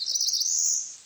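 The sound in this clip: Warbler song: a thin, high, buzzy trill held steady for under a second, then fading, over faint background hiss.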